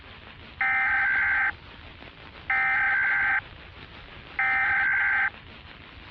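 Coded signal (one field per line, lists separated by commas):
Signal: Emergency Alert System (SAME) tones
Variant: header bursts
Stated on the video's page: Fictional zombie outbreak EAS scenario in analog-horror style, possibly containing valid EAS tones.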